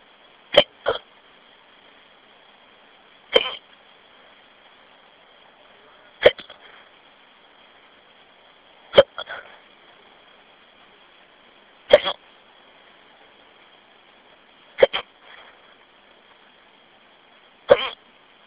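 An adult hiccups seven times, each one sharp and abrupt, at a steady pace of roughly one every three seconds, about 21 a minute. Some have a faint second catch. A constant hiss from the phone line runs underneath.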